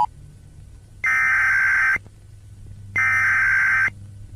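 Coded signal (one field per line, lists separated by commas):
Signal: Emergency Alert System (SAME) tones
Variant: header bursts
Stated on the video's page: Fictional Philippine EAS scenario about a glitch flood; simulated, not a real alert.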